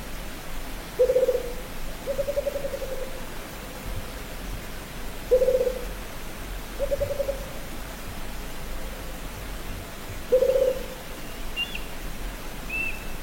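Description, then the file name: Rufous-capped motmot hooting: several low, soft hoots at uneven intervals over a steady hiss, with a couple of faint high notes near the end. "Canto da juruva"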